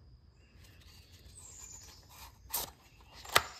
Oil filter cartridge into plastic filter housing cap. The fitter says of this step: Hear it pop.